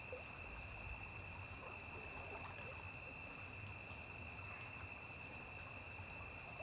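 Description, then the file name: Cricket singing a constant high-pitched trill that never pauses. A single high-pitched cricket singing by a riverbank. "Grilo agudo isola cantando beira de rio"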